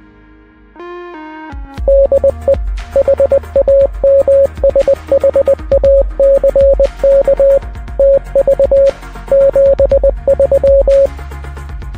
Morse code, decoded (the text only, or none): DE HAMSHACKTV 73